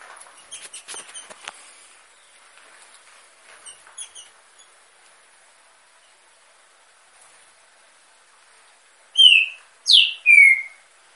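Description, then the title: Green-winged saltator song: soft scattered chirps and ticks early on, then near the end three loud whistled notes, the first and last falling and drawn out. Female warming up her song in an aviary. "fêmea de Trinca-ferro esquentando no viveiro"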